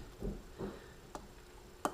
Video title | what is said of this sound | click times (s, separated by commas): How to replace a Charging Socket and Microphone on iPhone 4S | and click down you'll feel it click into place when it's in position | 1.9 s